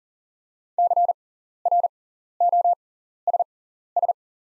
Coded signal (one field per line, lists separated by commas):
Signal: Morse code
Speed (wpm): 40 wpm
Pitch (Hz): 700 Hz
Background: none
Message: CROSS